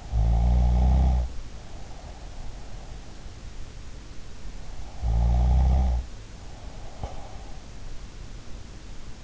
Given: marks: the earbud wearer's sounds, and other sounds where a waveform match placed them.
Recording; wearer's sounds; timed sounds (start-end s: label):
sounds in sleep by an in-ear microphone; snoring breath
0.00-2.42 s: snoring breath
5.07-7.63 s: snoring breath